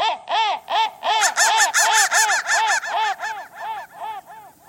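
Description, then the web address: Crow cawing steadily, rough arched caws about three a second, briefly louder and harsher in the middle, then softening toward the end. "soundfactory crow"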